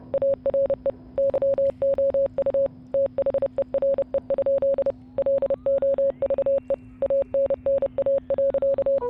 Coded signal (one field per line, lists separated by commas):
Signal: Morse code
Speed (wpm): 29 wpm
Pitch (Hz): 550 Hz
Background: none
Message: ARE YOU THERE? LOVE ANNA.